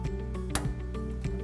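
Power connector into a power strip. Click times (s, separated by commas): 0.6 s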